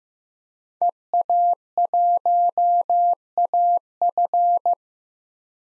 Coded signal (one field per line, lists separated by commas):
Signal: Morse code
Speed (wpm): 15 wpm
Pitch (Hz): 700 Hz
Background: none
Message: EA1AF